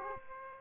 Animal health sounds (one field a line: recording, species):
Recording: mosquito wingbeat signal from an infrared sensor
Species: Aedes aegypti